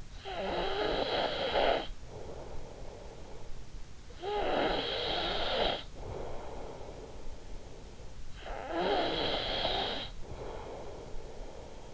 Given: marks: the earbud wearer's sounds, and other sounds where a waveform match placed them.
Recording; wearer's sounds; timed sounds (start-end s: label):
sounds in sleep by an in-ear microphone; snoring breath
0.00-3.85 s: snoring breath
4.08-8.11 s: snoring breath
8.31-11.94 s: snoring breath